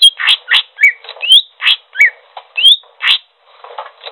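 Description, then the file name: Greater green leafbird song, a rapid varied run of loud chattering notes and sharply rising whistles, with no other sounds. Described as gacor, singing energetically. "audio cucak hijau gacor"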